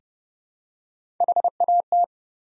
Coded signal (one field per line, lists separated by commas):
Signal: Morse code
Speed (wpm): 28 wpm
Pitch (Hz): 700 Hz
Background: none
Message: HAT